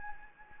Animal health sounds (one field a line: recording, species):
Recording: mosquito wingbeat signal from an infrared sensor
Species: Anopheles gambiae